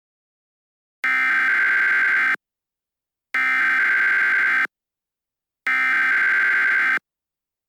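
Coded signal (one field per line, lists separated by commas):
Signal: Emergency Alert System (SAME) tones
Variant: header bursts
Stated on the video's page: Fictional EAS scenario for a horror game, not a real alert.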